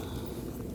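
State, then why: Not seated. A front wiper blade is slid onto the wiper arm of a 2001-2009 Volvo S60, with the arm fed inside the blade's plastic cover and pushed toward where the spring tabs snap out on the back side. Only a steady, even wash of broadband noise with low rumble is heard, with no sharp sounds. Nothing has seated or clicked yet.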